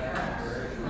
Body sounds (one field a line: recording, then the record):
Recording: background sound without coughing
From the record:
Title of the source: 60 minutes of coffee shop sounds for study and concentration